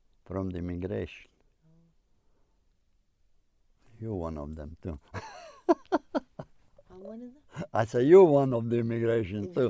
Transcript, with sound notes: From the Immigration. You're one of them too. (He laughs.)
I'm one of them.
I say, you're one of the Immigration too.